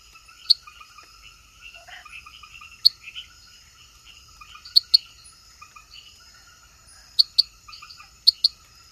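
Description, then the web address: Treefrog giving abrupt bright clicks at irregular intervals, singly or in pairs, over continuous high-pitched insect buzzing and scattered chirps from other frogs or insects. Recorded in the Ecuadorian Amazon. "Natures Songs. Frogs of Ecuadorian Amazon Hyla reveroi"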